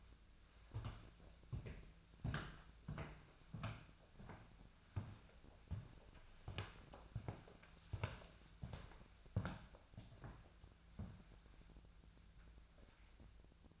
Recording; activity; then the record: daily activity, microphone in the room; walk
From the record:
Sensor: 2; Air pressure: 1008.1 hPa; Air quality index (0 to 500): 181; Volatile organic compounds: 10 ppm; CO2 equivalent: 2226 ppm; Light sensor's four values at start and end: 13/31/13/14 and 13/32/13/14